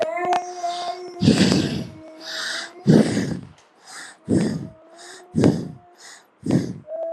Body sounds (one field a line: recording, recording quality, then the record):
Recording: shallow breathing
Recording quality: moderate, slight background noise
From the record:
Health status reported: COVID-19 positive, mild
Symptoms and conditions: cough, sore throat, fever, muscle pain, loss of smell and taste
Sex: male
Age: 38 years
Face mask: not worn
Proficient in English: yes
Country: India